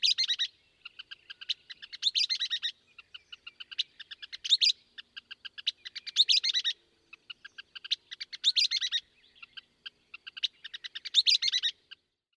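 Western kingbird giving repeated bursts of high, harsh bickering notes, each led in by spaced clicks, recurring about every two to three seconds.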